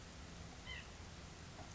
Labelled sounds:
White-breasted Nuthatch (Sitta carolinensis)

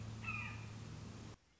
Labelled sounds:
Red-shouldered Hawk (Buteo lineatus)

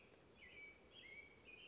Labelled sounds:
American Robin (Turdus migratorius)

